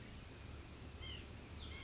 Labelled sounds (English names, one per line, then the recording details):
White-breasted Nuthatch
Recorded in Sonoma County, California